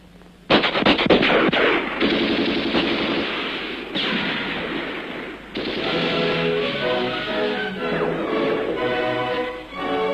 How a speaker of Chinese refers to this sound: 敌人的枪声现在却成了祝贺起义成功的鞭炮。